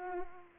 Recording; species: mosquito wingbeat signal from an infrared sensor; Culex pipiens